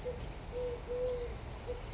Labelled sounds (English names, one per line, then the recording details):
Eurasian Collared Dove
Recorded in Sonoma County, California